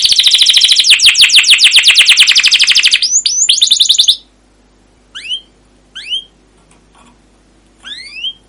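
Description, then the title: Canary song: a dense, fast rolling trill for four seconds, followed by a few separate rising whistled chirps with pauses between. Canary song used as a lure (pancingan) for training other canaries; described as gacor, long rolling song (ngerol) with cuit cuit notes. "CUIT CUIT NGEROL LANGSUNG GACOR PANJANG Kenari Ini AMPUH Utk Pancingan KENAR. Masteran Suara Burung Kenari Gacor Panjang cuit cuit Ngerol untuk Pancingan Kenari!"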